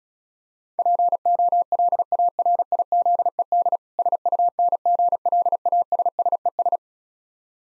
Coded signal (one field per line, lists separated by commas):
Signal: Morse code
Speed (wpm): 36 wpm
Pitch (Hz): 700 Hz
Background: none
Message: POLARIZED SUNGLASSES